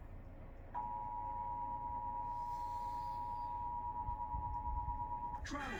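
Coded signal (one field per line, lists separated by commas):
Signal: Emergency Alert System (SAME) tones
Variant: 853 and 960 Hz attention tone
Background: speech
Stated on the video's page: EAS Required Weekly Tests.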